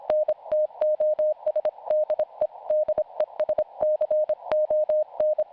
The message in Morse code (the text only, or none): NTOS DE DESCON